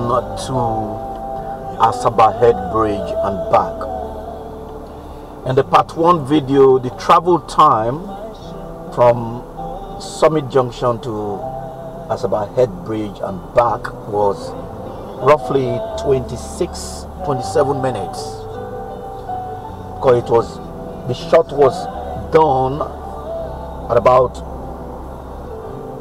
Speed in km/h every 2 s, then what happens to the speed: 0, 0, 0, 0, 0, 0, 0, 0, 0, 0, 0, 0, 0.
0-26 standing.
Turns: none.